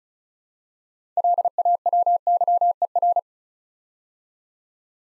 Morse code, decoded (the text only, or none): LAWYER